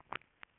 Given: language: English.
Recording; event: throat vibration sensor signal played as sound; swallow